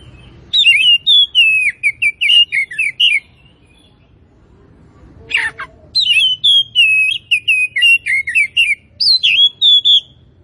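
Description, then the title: Oriental magpie-robin singing clear, wavering whistled phrases with quick chips. Two bursts are separated by a pause with a brief harsh note. Singing actively (gacor); Tretes. "Kacer Tretes"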